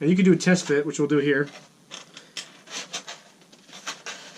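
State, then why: Seated. Someone talks, then during a test fit a foamboard RC plane wing is slid onto the fuselage and backed into its seat, making soft scraping and rubbing sounds. It snaps into place with a click at 4.1 s.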